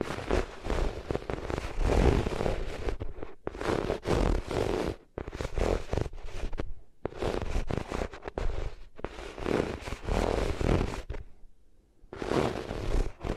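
Ears being rubbed against different materials make dense, scratchy rustling in long bursts of a second or two. Brief silent pauses break it up, near 3, 5, 7 and 9 seconds, and a longer gap falls around 12 seconds before the rubbing resumes.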